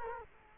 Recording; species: mosquito wingbeat signal from an infrared sensor; Culex quinquefasciatus